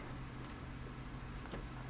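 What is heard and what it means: An alternate hand for a Carnage action figure is taken out and lined up with the figure's wrist peg, ready to be pegged on. Faint handling sounds sit over a steady low hum, with one brief, soft tap near 1.5 s. Nothing has seated or clicked yet.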